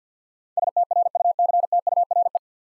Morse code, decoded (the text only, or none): STRUCTURE